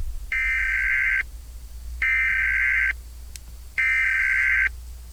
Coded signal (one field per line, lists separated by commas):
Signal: Emergency Alert System (SAME) tones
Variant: header bursts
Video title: EAS Scenario: Mickey Mouse.EXE